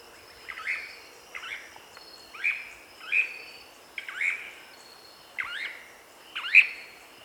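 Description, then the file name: Cryptic treehunter giving spaced, harsh, slurred notes at irregular intervals, with a steady high insect drone behind. "suara panggilan burung cryptic treehunter omkicau"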